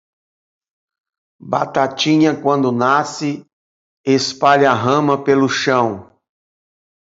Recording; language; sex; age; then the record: short text; Brazilian Portuguese; male; 50 to 59 years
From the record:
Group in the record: control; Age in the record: 51 years